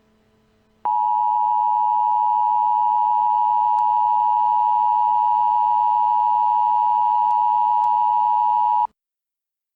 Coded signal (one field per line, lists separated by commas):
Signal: Emergency Alert System (SAME) tones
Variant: 853 and 960 Hz attention tone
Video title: EAS- Contagious Disease Warning for Logan County, Illinois